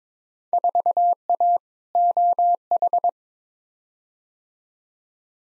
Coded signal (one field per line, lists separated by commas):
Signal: Morse code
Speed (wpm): 22 wpm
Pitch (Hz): 700 Hz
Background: none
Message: 4A OH